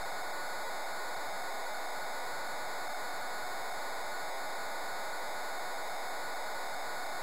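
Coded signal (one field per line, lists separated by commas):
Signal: computer data on cassette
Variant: Amstrad CPC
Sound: continuous harsh buzzing hiss of tape data, steady and unbroken throughout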